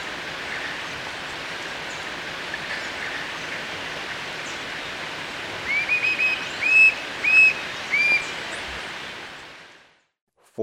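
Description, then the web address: Coppery-chested jacamar giving a short run of high, clear whistled notes, some slightly rising, over a loud continuous background hiss. Recorded in Ecuador. "Birds of Ecuador. Coppery-chested Jacamar"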